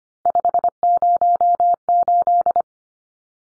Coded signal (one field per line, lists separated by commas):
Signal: Morse code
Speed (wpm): 25 wpm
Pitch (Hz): 700 Hz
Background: none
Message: 508